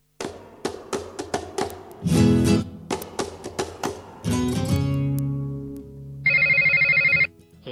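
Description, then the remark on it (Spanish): A phone ringtone plays alone: a run of quick plucked melodic notes, a thudding chord, a longer swelling tone, then a steady bright electronic trill near the end. “¿Te está sonando el teléfono y no te diste cuenta?”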